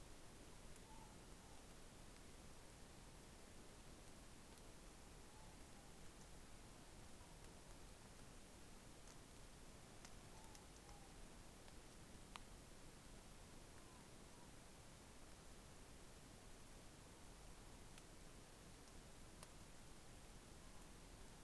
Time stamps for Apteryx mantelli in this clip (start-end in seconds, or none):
none